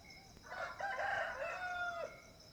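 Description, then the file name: Rooster giving one full crow, a rough stuttering start swelling into a long sustained cry that breaks off abruptly, with crickets trilling faintly behind. At dawn at a sugar mill, with roosters crowing and crickets. "Ambiencia engenho ao amanhecer galos cantando e grilos"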